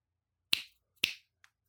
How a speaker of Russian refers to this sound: Звуки двух поспешных щелчков. Как только они прозвучали, скелет-воин пришел в движение.